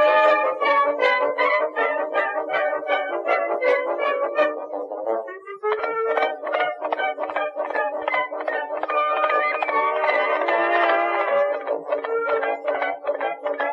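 Warm instrumental music of quick, evenly plucked notes in a mid-range melody, briefly pausing near six seconds, then growing fuller toward the end.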